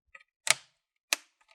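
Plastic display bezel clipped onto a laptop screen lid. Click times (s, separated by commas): 0.5 s, 1.1 s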